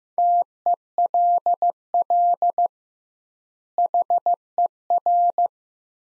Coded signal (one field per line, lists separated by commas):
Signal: Morse code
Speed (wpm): 15 wpm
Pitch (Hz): 700 Hz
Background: none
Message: TELL HER